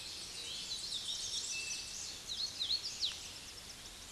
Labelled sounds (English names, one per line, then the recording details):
Hooded Warbler song
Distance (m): 30 m
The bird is about 5 m above the microphone
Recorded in a Pennsylvania forest on 16 May 2024 at 06:21
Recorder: AudioMoth, point MSD-2039
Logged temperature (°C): 15.0 °C
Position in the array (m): 99 m, 100 m